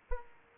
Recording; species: mosquito wingbeat signal from an infrared sensor; Aedes aegypti